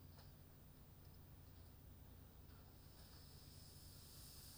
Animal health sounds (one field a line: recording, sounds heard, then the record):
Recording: poultry house recording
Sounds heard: no chicken sound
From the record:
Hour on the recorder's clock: 23